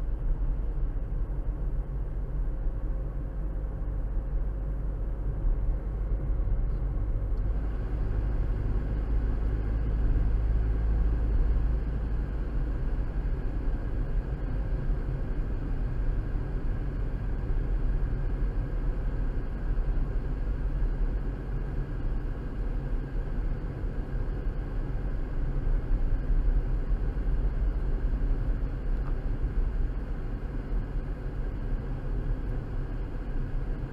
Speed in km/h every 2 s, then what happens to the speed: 47, 47, 47, 48, 52, 53, 48, 47, 45, 45, 45, 44, 44, 45, 45, 45, 45.
0-11 steady at about 47. 11-15 slows to 45. 15-34 steady at about 45.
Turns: none.